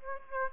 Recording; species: mosquito wingbeat signal from an infrared sensor; Aedes aegypti